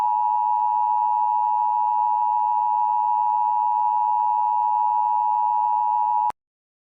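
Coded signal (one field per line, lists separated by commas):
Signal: Emergency Alert System (SAME) tones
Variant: 853 and 960 Hz attention tone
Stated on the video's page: Fictional EAS scenario about a continental storm.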